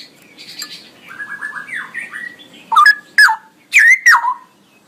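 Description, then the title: Straw-headed bulbul song: soft chirping and warbled notes, then loud rich gurgling bursts sliding between low and middle pitch. Male bird, singing constantly in a loud voice with long rolling phrases; recording meant for training other birds. "GILEEE Cucak ROWO Jantan GACOR Suara Lantang ROoo EL Panjang"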